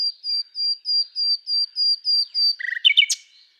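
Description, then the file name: Common nightingale song: a steady series of pure whistled notes on one high pitch, then a fast jumble of lower, varied chirps. "Luscinia megarhynchos"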